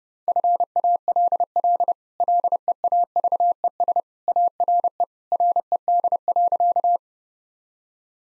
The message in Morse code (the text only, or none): FALL LEAVES ARE RED.